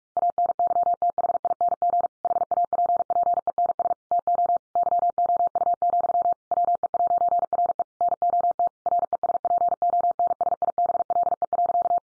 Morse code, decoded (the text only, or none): ANYTHING HAPPENS TO YOU, WE'RE NOT RESPONSIBLE.